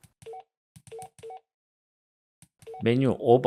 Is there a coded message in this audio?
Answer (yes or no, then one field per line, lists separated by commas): no